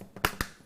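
A plastic storage box lid is snapped closed onto the box, its latches giving two sharp clicks at 0.3 s and 0.4 s after a softer tap at 0.2 s. The lid latches snap home and are seated, holding the lid securely in place.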